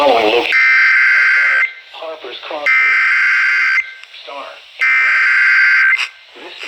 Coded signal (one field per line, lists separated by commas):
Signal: Emergency Alert System (SAME) tones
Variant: header bursts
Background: speech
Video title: More Slight Risk Alerts from Sandhills EAS Alerts from 8/21/2026 (EAS #1358-1386)